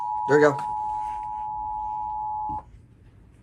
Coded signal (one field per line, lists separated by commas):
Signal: Emergency Alert System (SAME) tones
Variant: 853 and 960 Hz attention tone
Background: speech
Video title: Remnants of Kay (EAS Alerts from 9/9/22-9/13/22) (EAS #428-461) (Monsoon EAS #197-231)